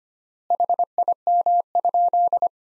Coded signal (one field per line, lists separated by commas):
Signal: Morse code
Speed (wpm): 25 wpm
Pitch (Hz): 700 Hz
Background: none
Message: HIM?